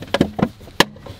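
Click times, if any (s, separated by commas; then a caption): 0.8 s. The plastic glove box backing cover on a Toyota Tacoma is put in place against the dashboard and slid down until it locks, during a cabin air filter replacement. A few light plastic knocks come at about 0.1, 0.2 and 0.4 s, then a sharp, loud click at 0.8 s as the cover seats and locks.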